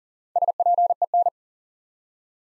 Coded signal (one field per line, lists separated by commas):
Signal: Morse code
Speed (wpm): 39 wpm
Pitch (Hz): 700 Hz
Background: none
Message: SPEN